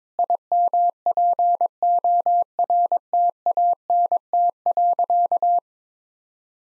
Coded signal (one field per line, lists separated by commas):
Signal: Morse code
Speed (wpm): 22 wpm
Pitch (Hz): 700 Hz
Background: none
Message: IMPORTANT.